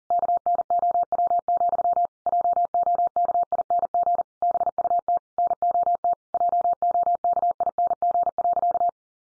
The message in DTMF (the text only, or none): none